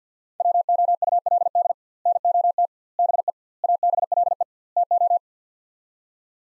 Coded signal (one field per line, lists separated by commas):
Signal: Morse code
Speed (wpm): 50 wpm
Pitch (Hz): 700 Hz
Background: none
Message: WOULD NOT BE ABLE TO